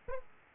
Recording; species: mosquito wingbeat signal from an infrared sensor; Aedes aegypti